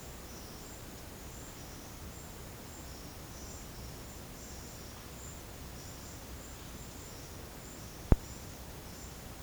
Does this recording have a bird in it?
no